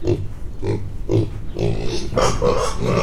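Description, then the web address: Mangalica pig grunts: deep, short, nasal grunts repeated about twice a second. Mangalica breed, 10-week-old piglets, grunting, Hortobágy National Park, 1 April 2013. "allathangok hortobagyinemzetipark 2013. mangalica 10 hetesek roffentgetnek 2013 aprilis 01"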